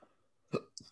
Bro, it was like a burp and a hiccup at the same time. It's like one of them soda burps. Is what it sounds like, or soda hiccups.